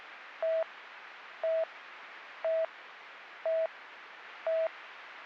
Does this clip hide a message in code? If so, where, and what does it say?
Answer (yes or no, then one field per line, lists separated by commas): no